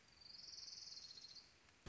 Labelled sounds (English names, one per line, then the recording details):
Orange-crowned Warbler
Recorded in Sonoma County, California